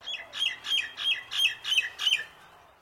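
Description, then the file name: Bird calls: a series of several harsh, chirping notes in even succession, each with a bright upper burst, over a quiet background. Unidentified bird call. "BIRD COLLINGWOOD FARM 01 UNKNOWN CALL"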